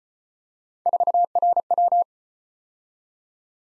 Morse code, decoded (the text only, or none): 4RW